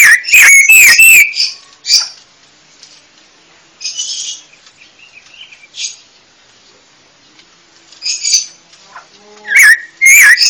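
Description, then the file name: Panca warna bird opening with a loud whistled burst, a long quiet stretch of faint chips, then another loud whistled phrase at the end. Indonesian songbird giving a loud, full song, described as ngeplong kencang. "Kicau Burung Panca Warna Ngeplong Kencang"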